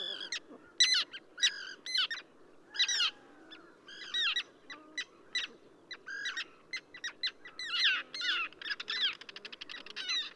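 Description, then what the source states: Common tern calls, harsh clipped notes in clusters, ending in a fast rattling run of short notes. Subspecies minussensis, recorded at Ögii Nuur, Mongolia.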